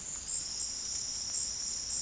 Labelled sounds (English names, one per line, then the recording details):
none
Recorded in secondary vegetation near Puerto Asís, Putumayo, Colombia, on 18 February 2024 at 13:30
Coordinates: 0.468, -76.324
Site G6381